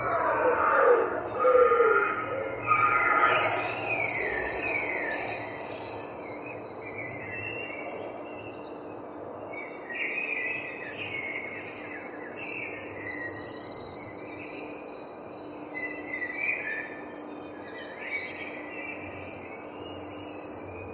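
A dawn chorus of birds, with several songbirds overlapping in bright, rapid trills and repeated chirping phrases throughout. A louder burst of calls comes in the first few seconds, then the singing continues more evenly over a steady low hum in the background.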